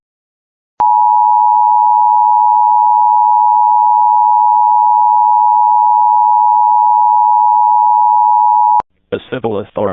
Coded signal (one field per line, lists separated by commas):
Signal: Emergency Alert System (SAME) tones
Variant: 853 and 960 Hz attention tone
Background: speech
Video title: Minnesota amber alert EAS #17￼